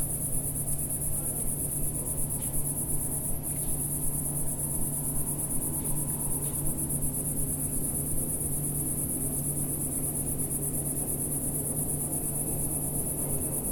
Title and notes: Sound Escape 137: Enter a trance-like state to the song of a cicada in a French garden. We’re in the garden in a small village in Picardy in Northern France. The early evening warmth teases sweet scent from the lavender bushes and myrtles while a single cicada plays its eternal silvery zither, drawing down the night. BBC Countryfile Magazine's Sound Escapes. Recorded by Fergus Collins